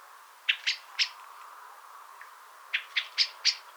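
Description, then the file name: Common blackbird calls: sharp, clicking chink notes, a quick run of three, a pause, then another fast run of four. "Turdus merula"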